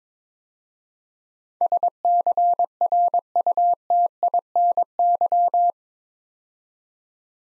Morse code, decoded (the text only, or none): SCRUTINY